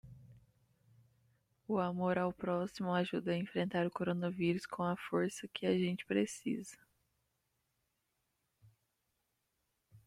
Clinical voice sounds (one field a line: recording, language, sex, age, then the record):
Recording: spoken sentence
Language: Brazilian Portuguese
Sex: female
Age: 20 to 29 years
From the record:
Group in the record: control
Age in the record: 28 years